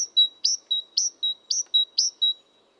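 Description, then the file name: Great tit calls: clear high notes, each dropping to a steady lower whistle, repeated rapidly. "Parus major"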